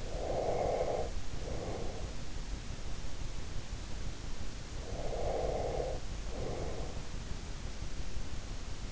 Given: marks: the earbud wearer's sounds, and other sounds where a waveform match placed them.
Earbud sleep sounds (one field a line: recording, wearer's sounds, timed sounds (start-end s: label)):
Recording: sounds in sleep by an in-ear microphone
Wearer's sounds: breath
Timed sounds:
0.00-2.18 s: breath
4.72-7.15 s: breath